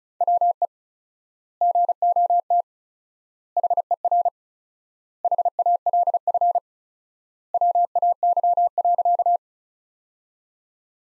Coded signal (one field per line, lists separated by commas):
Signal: Morse code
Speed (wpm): 36 wpm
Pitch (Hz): 700 Hz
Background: none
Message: WE GOT HER HALF WAY.